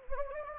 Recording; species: mosquito wingbeat signal from an infrared sensor; Anopheles gambiae